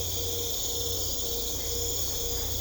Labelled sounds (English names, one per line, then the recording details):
none
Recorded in secondary vegetation near Puerto Asís, Putumayo, Colombia, on 21 December 2024 at 21:30
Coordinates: 0.500, -76.326
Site G065